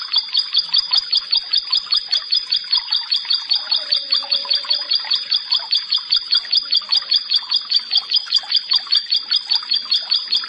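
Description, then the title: Bar-winged prinia song: paired high notes repeated at a steady pace, about two or three each second, for the whole stretch. "Ciblek Sawah"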